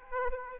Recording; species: mosquito wingbeat signal from an infrared sensor; Aedes aegypti